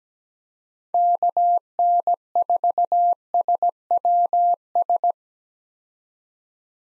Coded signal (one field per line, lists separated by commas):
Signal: Morse code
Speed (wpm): 17 wpm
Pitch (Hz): 700 Hz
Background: none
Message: KN4SWS